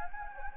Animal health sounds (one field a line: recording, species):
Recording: mosquito wingbeat signal from an infrared sensor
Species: Anopheles gambiae